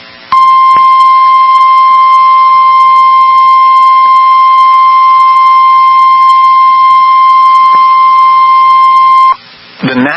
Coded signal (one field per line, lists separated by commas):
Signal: Emergency Alert System (SAME) tones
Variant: 1050 Hz attention tone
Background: speech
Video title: EAS Timeline of the EF5 Tornado in Enderlin, North Dakota from 06/20/2025 (EAS Alerts 255-262)